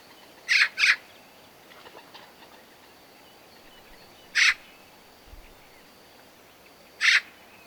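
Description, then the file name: Eurasian magpie calling with harsh chattering notes, a quick pair at the start then single calls spaced a few seconds apart, over soft hiss. "Pica pica"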